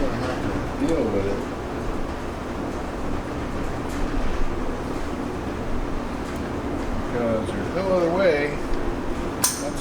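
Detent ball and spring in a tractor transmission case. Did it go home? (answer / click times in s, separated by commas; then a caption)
released / 9.4 s. On a 1994 Ford/New Holland 1715 tractor having its broken rear transmission case replaced, a part is worked out of the case while someone talks over a steady low background hum. At 9.4 s the spring-loaded detent ball and spring snap out with a sharp metallic click, releasing from the case.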